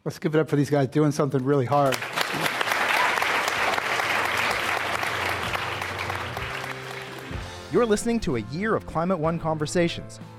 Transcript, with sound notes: Let’s give it up for these guys for doing something really hard.
[Applause]
You're listening to A Year of Climate One Conversations.